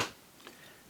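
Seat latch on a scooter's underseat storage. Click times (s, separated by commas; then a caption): 0.5 s. On a Sym Joymax GTS300i scooter, the seat latch on the underseat storage is opened. A loud broadband burst at the very start fades out quickly, then a single short click at 0.5 s marks the seat lock releasing. There is no talk.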